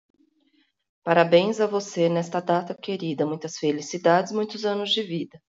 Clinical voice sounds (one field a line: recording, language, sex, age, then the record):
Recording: short text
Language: Brazilian Portuguese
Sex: female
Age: 40 to 49 years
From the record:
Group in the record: control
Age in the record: 49 years